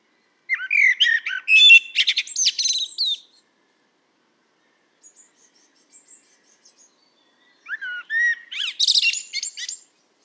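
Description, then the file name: Common blackbird singing two scratchy, twittering phrases separated by about four seconds of near silence with faint soft notes. "Turdus merula"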